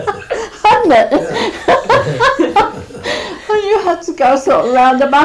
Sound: laughs

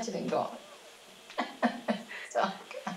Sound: laughs

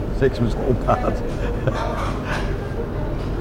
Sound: laughs

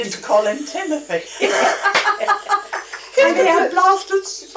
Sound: laughs

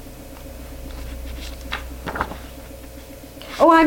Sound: turns pages

